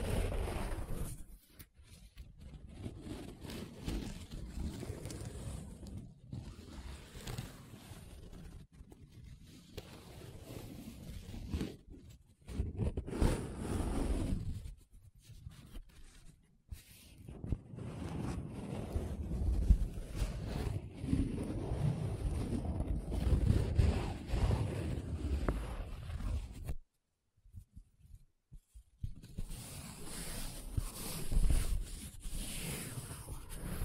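Paper being rubbed and scratched in uneven bursts, a low rough rustle that swells and fades every few seconds. Short silences break it up, with a longer quiet gap near 27 seconds before the scraping resumes, brighter and hissier toward the end.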